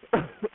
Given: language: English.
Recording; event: throat vibration sensor signal played as sound; cough